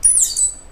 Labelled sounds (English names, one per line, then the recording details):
Stitchbird song
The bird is a male
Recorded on Tiritiri Matangi Island, New Zealand, in 2005
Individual 3, of nest box 3